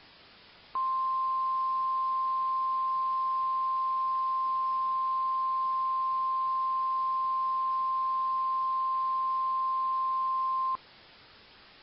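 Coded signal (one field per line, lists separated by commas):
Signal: Emergency Alert System (SAME) tones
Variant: 1050 Hz attention tone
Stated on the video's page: Recreation of 2001 New York severe thunderstorm alerts using actual text products but not the original audio; the tones are valid EAS tones.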